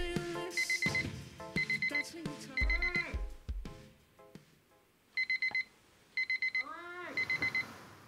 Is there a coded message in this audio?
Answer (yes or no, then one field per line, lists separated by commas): no